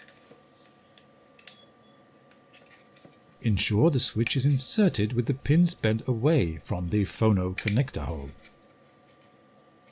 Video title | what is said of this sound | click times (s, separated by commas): The PUMA Control Console - a multimedia interface breakout box for small microcontrollers | now insert the switch into this rectangular hole and press down until it clicks in place | 1.5 s